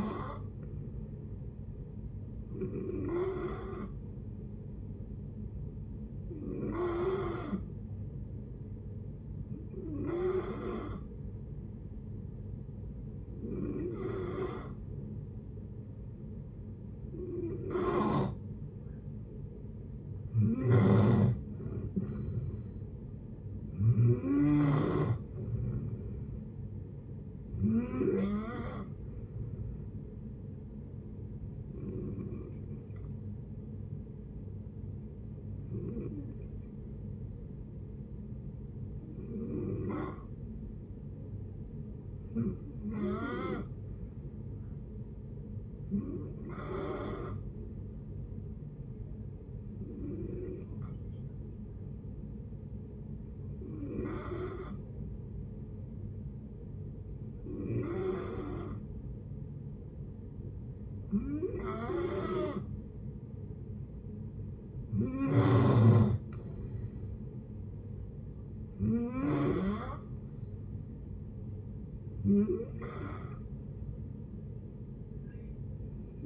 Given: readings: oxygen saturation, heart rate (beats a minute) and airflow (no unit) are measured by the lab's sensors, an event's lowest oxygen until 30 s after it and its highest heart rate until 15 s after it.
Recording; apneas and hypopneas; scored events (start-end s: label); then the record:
breathing in sleep by a smartphone at the bedside; 2
6.00-19.30 s: hypopnea (N2, oxygen 91% highest, then 88% lowest, heart rate 66 at the start, 74 highest)
11.00-41.00 s: new sleep stage, N1 (lightest sleep)
34.00-62.30 s: hypopnea (N1, oxygen 94% highest, then 90% lowest, heart rate 73 at the start, 73 highest)
41.00-76.26 s: new sleep stage, N2 (light sleep)
From the record:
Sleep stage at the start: N2 (light sleep); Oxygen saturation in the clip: 88 to 94%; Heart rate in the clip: 59 to 74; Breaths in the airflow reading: 20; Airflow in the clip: -7.4 to 9.6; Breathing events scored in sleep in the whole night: 496 in 5.4 hours asleep